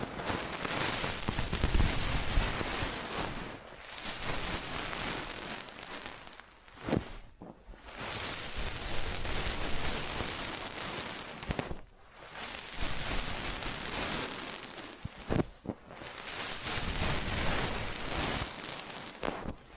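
Ear cleaning and massage sounds: dense, hissing rubbing and scratching fill the clip, like steady rain, with rough crackly texture. The rubbing comes in long strokes broken by brief pauses near 4, 7, 12 and 15 seconds, plus a few sharp clicks.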